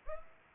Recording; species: mosquito wingbeat signal from an infrared sensor; Culex pipiens